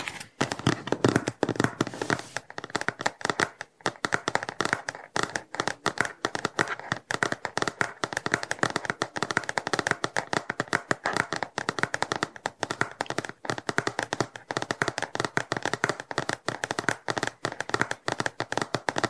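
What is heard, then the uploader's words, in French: Typing on a mechanical keyboard runs steadily through the whole clip, a dense stream of fast, sharp clacks with brief uneven pauses. The key sounds are bright and clicky, with no voice or other steady background sound beneath them. ASMR - Je te relaxe avec mon téléphone, mon ordinateur et mon clavier mécanique !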